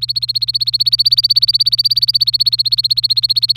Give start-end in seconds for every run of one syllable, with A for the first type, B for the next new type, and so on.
0.00-3.56 A